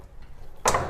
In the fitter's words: tension and that just locks into place